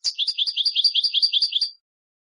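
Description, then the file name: European goldfinch song, an even, rapid string of many bright, tinkling high notes. "audio burung goldfinch"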